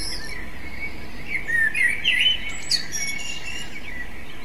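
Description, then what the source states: Common blackbird phrase: a few warbled whistles, closed by a sharp high squeak, with steady hiss behind. Recording device: MZ-N 710.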